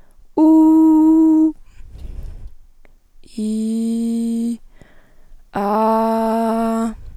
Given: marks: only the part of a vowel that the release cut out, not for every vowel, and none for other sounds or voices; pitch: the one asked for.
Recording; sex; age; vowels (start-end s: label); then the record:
sustained vowels; female; 18 to 19 years
0.44-1.40 s: vowel /u/, high pitch
3.44-4.46 s: vowel /i/, low pitch
5.63-6.79 s: vowel /a/, low pitch
From the record:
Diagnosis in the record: healthy voice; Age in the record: 18 years